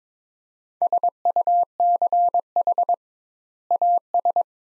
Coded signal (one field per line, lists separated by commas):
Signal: Morse code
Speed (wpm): 22 wpm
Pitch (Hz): 700 Hz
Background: none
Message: SUCH AS